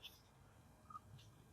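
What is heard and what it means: During rear brake pad and rotor reassembly on a 2017 Genesis G90, a retaining clip is lined up with its slot and pushed in by hand. Only quiet handling is heard: a low steady hum, faint brief ticks near 0.1 s and 1.2 s, and a short mid-pitched tone around 0.9–1.0 s. Nothing has seated or clicked yet.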